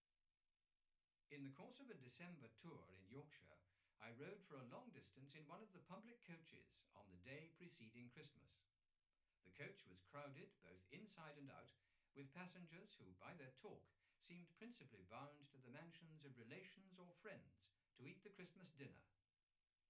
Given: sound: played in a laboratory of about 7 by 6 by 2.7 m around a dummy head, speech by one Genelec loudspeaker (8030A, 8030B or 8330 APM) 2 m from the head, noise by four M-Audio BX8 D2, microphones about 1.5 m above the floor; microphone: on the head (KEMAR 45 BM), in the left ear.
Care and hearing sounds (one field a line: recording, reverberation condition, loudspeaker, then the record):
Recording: male speech in English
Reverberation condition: low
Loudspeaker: behind (180 degrees)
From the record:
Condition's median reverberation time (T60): about 310 ms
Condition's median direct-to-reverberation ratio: about 3.5 dB